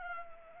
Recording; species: mosquito wingbeat signal from an infrared sensor; Anopheles arabiensis